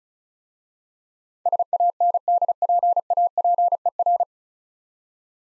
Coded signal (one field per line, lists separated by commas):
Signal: Morse code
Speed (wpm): 36 wpm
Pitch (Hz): 700 Hz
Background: none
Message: SANDPAPER